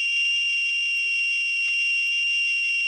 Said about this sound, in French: Bon, alors quand t'es en stand-by et que j'appuie, est-ce qu'il y a le sifflement ? Réponse. Oui. Tu vas appuyer sur le machin pour que ça fasse un sifflement chez moi pour voir si ça marche.